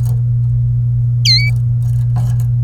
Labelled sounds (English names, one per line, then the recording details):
Domestic Canary song
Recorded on 27 April 2018 at 10:40
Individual llb3